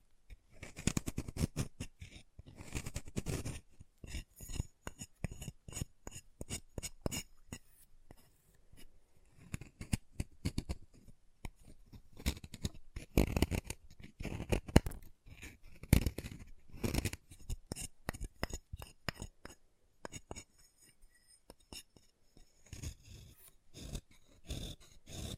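Chalk being carved and cut, heard as a steady run of short, sharp scraping clicks and snips. The strokes come in dense irregular bursts with brief pauses, each one crisp and bright, with a few louder cuts near the middle and again toward the end.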